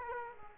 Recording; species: mosquito wingbeat signal from an infrared sensor; Aedes aegypti